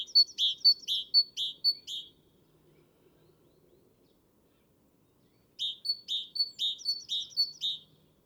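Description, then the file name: Great tit with two runs of ringing, two-part notes repeated rapidly, several pairs each, separated by a few seconds of quiet. "Parus major"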